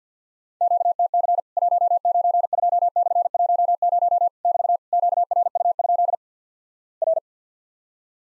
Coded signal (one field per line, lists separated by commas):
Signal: Morse code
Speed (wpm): 50 wpm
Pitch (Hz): 700 Hz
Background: none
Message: QTC 192/10 <BT> QRU? R